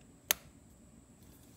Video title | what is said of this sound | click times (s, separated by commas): How To Check If Your Lamy Al-Star Is Fake | when putting it on the pen you'll get a click or like a pop-in action right here | 0.3 s